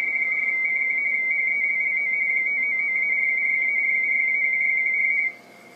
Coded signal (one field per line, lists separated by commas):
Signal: RTTY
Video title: Icom IC-9100 +23 cm + Dstar - Internal Rtty Test on 14.085.67 Mhz 18.03.2012 17:27h